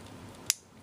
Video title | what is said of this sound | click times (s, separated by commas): Reveal the Shield Perceptor | Peg hole there and a peg there there and it snaps | 0.5 s